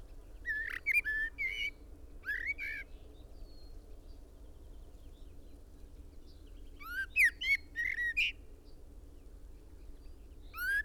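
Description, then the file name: Common blackbird song: repeated flute-like warbled phrases spaced by quiet gaps of a few seconds, with steady background hum. "Turdus merula"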